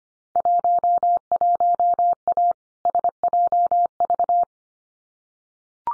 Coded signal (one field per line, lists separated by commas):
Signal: Morse code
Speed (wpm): 25 wpm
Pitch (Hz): 700 Hz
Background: none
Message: 11A SJV